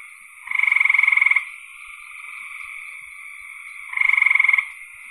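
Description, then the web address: Frogs trilling continuously, with two loud, fast-pulsed bursts. "cn frogs"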